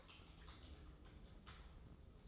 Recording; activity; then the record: daily activity, microphone in the room; typing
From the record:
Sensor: 3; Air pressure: 995.3 hPa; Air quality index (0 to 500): 78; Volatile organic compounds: 6 ppm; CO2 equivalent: 1845 ppm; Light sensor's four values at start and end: 18/55/22/20 and 18/55/23/20